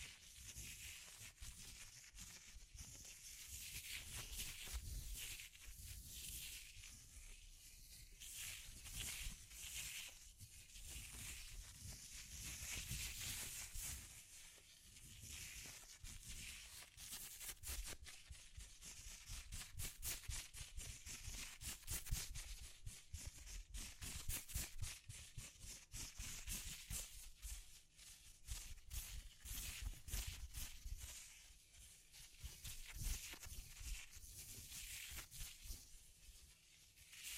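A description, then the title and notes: Brain scratch sounds with no talking: a dense, crackly scratching that runs almost without pause, bright and hissy on top with a soft low rumble beneath. The strokes come in quick bursts, easing briefly around 14 and 27 seconds before building again. ASMR S E N S I T I V E Brain Scratch (No Talking).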